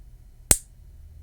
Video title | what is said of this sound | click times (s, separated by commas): Review & Test of Alpha Grillers Instant Read Thermometer Part 2 | I put it close to the mic you'll hear it click when I push it all the way in | 0.5 s